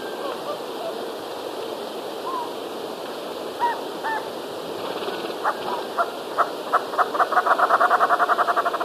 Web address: Natures Songs S America Birds of Ecuador White-faced Nunbird